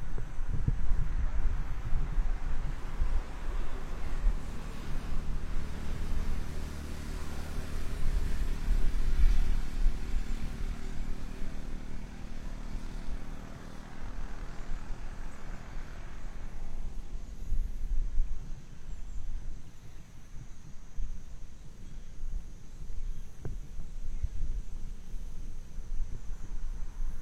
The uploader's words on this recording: 27℃ 多云天的午间散步. Noon Break Walking On A Cloudy Day.